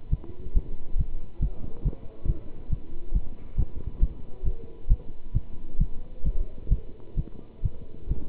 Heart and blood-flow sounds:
heart sounds by stethoscope; between the tricuspid and mitral areas; 135 bpm
0.10 s: heartbeat
0.53 s: heartbeat
0.97 s: heartbeat
1.40 s: heartbeat
1.83 s: heartbeat
2.26 s: heartbeat
2.69 s: heartbeat
3.13 s: heartbeat
3.56 s: heartbeat
4.00 s: heartbeat
4.43 s: heartbeat
4.88 s: heartbeat
5.33 s: heartbeat
5.78 s: heartbeat
6.23 s: heartbeat
6.69 s: heartbeat
7.16 s: heartbeat
7.62 s: heartbeat
8.08 s: heartbeat
From the record:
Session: pedaling a stationary bicycle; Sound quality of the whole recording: good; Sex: male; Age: 27 years

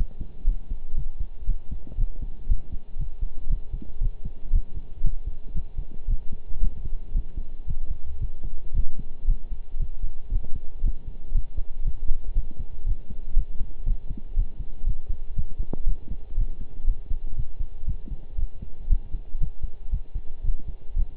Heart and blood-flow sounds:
heart sounds by stethoscope; between the tricuspid and mitral areas; 117 bpm
0.47 s: heartbeat
0.97 s: heartbeat
1.47 s: heartbeat
1.98 s: heartbeat
2.49 s: heartbeat
2.99 s: heartbeat
3.50 s: heartbeat
4.01 s: heartbeat
4.53 s: heartbeat
5.04 s: heartbeat
5.55 s: heartbeat
6.08 s: heartbeat
6.61 s: heartbeat
7.15 s: heartbeat
7.68 s: heartbeat
8.21 s: heartbeat
8.74 s: heartbeat
9.28 s: heartbeat
9.80 s: heartbeat
10.32 s: heartbeat
10.84 s: heartbeat
11.35 s: heartbeat
11.85 s: heartbeat
12.36 s: heartbeat
12.86 s: heartbeat
13.36 s: heartbeat
13.86 s: heartbeat
14.36 s: heartbeat
14.86 s: heartbeat
15.37 s: heartbeat
15.87 s: heartbeat
16.37 s: heartbeat
16.87 s: heartbeat
17.37 s: heartbeat
17.87 s: heartbeat
18.38 s: heartbeat
18.90 s: heartbeat
19.41 s: heartbeat
19.92 s: heartbeat
20.44 s: heartbeat
20.96 s: heartbeat
From the record:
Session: pedaling a stationary bicycle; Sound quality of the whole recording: partially saturated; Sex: male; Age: 23 years

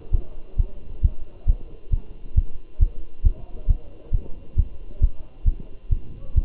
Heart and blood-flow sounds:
heart sounds by stethoscope; between the tricuspid and mitral areas; 135 bpm
0.14 s: heartbeat
0.59 s: heartbeat
1.04 s: heartbeat
1.49 s: heartbeat
1.93 s: heartbeat
2.37 s: heartbeat
2.82 s: heartbeat
3.26 s: heartbeat
3.70 s: heartbeat
4.14 s: heartbeat
4.58 s: heartbeat
5.03 s: heartbeat
5.47 s: heartbeat
5.92 s: heartbeat
6.37 s: heartbeat
From the record:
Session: Bruce protocol treadmill stress test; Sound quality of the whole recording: good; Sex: male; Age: 27 years

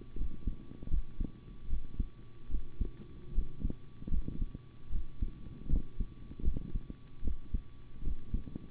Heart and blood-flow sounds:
heart sounds by stethoscope; between the tricuspid and mitral areas; 76 bpm
0.16 s: heartbeat
0.89 s: heartbeat
1.68 s: heartbeat
2.49 s: heartbeat
3.33 s: heartbeat
4.10 s: heartbeat
4.90 s: heartbeat
5.68 s: heartbeat
6.43 s: heartbeat
7.22 s: heartbeat
8.02 s: heartbeat
From the record:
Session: rest, sitting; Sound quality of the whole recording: good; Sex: male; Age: 25 years

